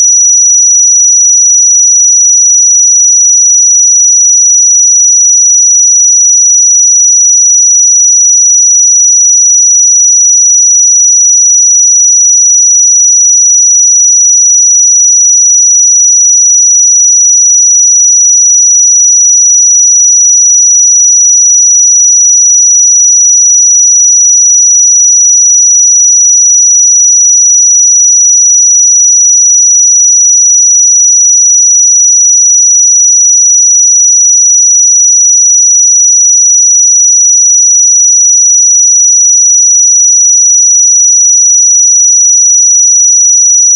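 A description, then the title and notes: A pure sine tone at 5862 Hz holds perfectly steady for the whole clip, a thin, piercing high whistle with no wavering in pitch or loudness. Nothing else sounds around it; the background is completely silent. 5862 Hz 1 Hz Interval Sine Pure Tone Frequency 441000 Sample Mono.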